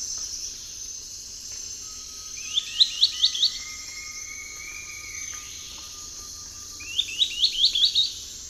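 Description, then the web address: Wedge-billed woodcreeper singing two brief bursts of quick, high-pitched notes, several seconds apart, against constant buzzing insects and a faint steady tone. Song, eastern lowlands of South America. "Natures Songs S America Eastern Lowlands. Glyphorynchus spirurus, song"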